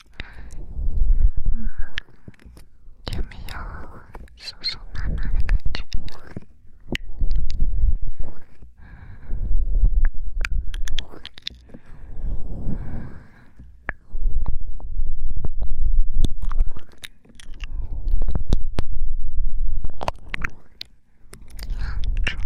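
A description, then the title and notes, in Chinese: Close, breathy panting right at the ear comes in waves of about two seconds each, separated by brief pauses. Wet mouth sounds run throughout: sharp clicks, smacks and tongue pops scattered densely over a soft, low, airy hush. 耳边酥麻口水耳语、耳边喘息口腔音。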